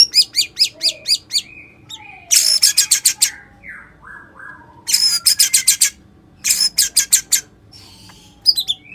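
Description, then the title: White-rumped shama singing bursts of rapid high clicking notes alternating with lower whistled slurs and descending tones, repeated in several clusters. "murai batu"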